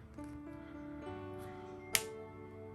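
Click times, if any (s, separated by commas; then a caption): 2.0 s. A silicone ear tip is pulled firmly off an Apple AirPods Pro wireless earbud over steady background music. It releases with a sharp pop at 1.9 s, and the tip comes free.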